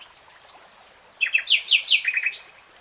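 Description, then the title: Nightingale song with a high thin whistle followed by a cluster of loud, quickly repeated downslurred notes. Nightingale singing, recorded in real time. "[Tiếng chim hót] Nightingale Singing"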